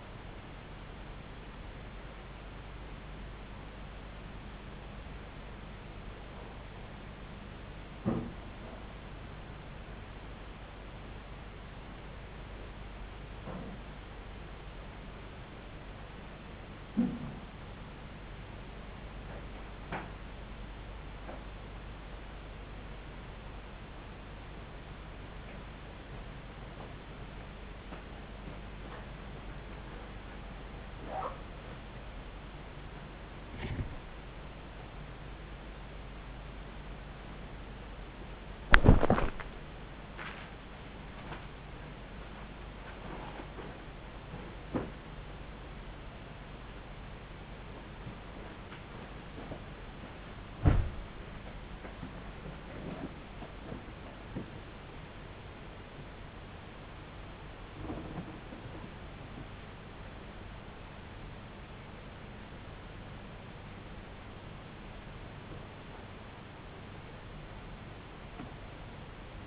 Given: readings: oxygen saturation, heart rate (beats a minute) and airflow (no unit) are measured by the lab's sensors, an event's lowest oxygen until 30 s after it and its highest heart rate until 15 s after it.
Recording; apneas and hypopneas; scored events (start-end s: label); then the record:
a person awake in a sleep study, by a voice recorder at the bedside; none
0.00-69.47 s: awake
From the record:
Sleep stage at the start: awake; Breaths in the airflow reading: 28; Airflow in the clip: -0.6 to 0.6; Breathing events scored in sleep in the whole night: 270 in 6.1 hours asleep